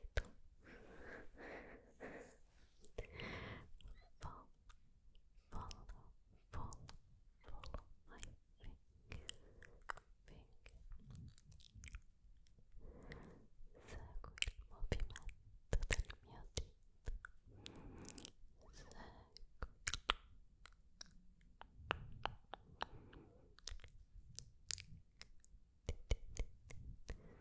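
Unintelligible whispers mix with hand movements, soft breathy murmurs broken by frequent sharp crackling and crunching clicks throughout.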